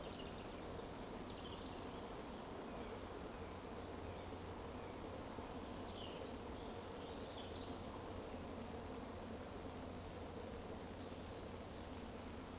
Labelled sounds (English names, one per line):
Eurasian Woodcock whistle